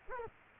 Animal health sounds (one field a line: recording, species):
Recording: mosquito wingbeat signal from an infrared sensor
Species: Culex quinquefasciatus